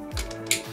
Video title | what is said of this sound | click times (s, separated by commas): Disney INDIANA JONES and the Dial of Destiny Official Movie toys | like that you can hear it pop | 0.5 s